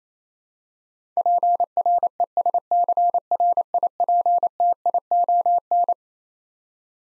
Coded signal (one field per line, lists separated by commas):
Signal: Morse code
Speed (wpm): 28 wpm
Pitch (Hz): 700 Hz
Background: none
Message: PRESCRIPTION